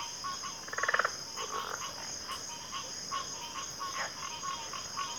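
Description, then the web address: Continuous shrill cricket chorus, with a quick loud rattling burst near the start and softer scattered chirps afterwards. Cricket chorus recorded at a backwater. "Natures Songs Sleep Sounds of Nature CRICKETS Backwater Chorus"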